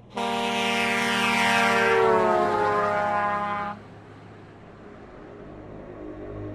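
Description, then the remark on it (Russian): A large vehicle roars past on the left of a car, blaring a loud, harsh multi-tone horn whose pitch sags as it goes by; after about four seconds the horn cuts off, leaving a lower road rumble. “в следующую секунду слева пронеслось нечто грохочущее и громадное, противно уносящее за собой пронзительный грубый звук клаксона.”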